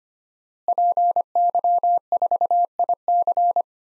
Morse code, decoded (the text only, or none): PY4IC